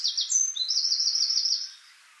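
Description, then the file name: Eurasian wren gives a brief, high song fragment: a few sharp notes leading into a fast, wavering trill. "Troglodytes troglodytes"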